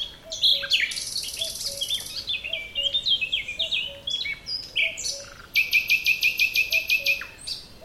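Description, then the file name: Common nightingale song with a long buzzy trill, tumbling chirps and a machine-gun burst of repeated notes; soft low hooting notes sound faintly underneath throughout. "Luscinia megarhynchos"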